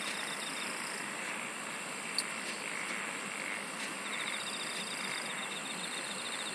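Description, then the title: Steady high insect buzzing with rapid trills that pause midway and return, plus one brief sharp click, all over constant hiss. "SINGING OF INSECTS"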